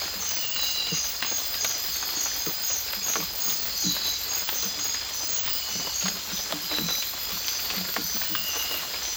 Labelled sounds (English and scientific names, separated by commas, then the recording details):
none
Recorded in secondary vegetation near Puerto Asís, Putumayo, Colombia, on 8 March 2025 at 04:30
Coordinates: 0.498, -76.327
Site G001